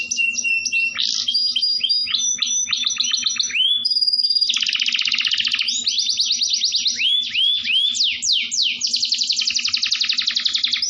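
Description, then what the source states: Canary song, a long continuous run of rapid trills, buzzy rolls and upslurred whistled notes, shifting between phrases without pause; a faint low hum underneath. Canary performing an elaborate song style locally called cengkok.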